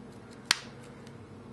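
A translucent plastic back cover is slid onto a T-Mobile HTC Radar 4G smartphone after the SIM slot is shown, and one sharp, bright snap rings out at 0.5 s over a low, steady background hum. A much fainter tick follows near 1.1 s. The cover clicks into place and is seated.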